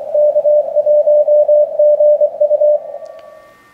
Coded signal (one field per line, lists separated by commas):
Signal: Morse code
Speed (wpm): 21 wpm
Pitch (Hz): 590 Hz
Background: none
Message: K1GU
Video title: InnovAntennas LFA-3(4) 6m Beam Test and Install